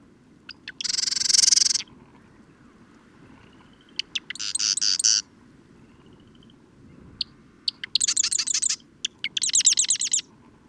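Bird song made of four trilled phrases, each about a second long. Every phrase begins with scattered clicky notes and then becomes a dense, high, rattling buzz.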